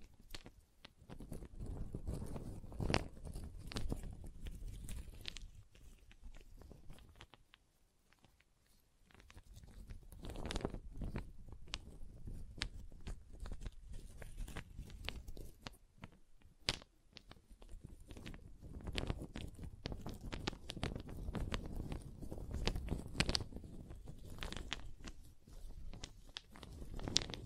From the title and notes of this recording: ASMR Calming Wood Triggers for Sleep (No Talking).